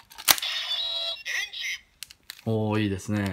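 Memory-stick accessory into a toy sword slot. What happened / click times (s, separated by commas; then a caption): The plastic stick clicked into its slot / 0.3 s. A plastic Engine Memory stick is set into the slot of a DX Engine Blade toy sword from Kamen Rider W (Kamen Rider Accel), and it clicks into place at 0.3 s. The toy then plays its electronic sound effect and voice, and afterward someone talks. The memory is seated.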